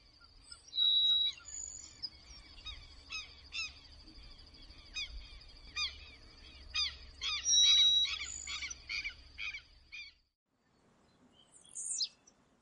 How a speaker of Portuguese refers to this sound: Dentre todas as espécies de tico-ticos brasileiros, quem manda na área rural é o tico-tico do campo.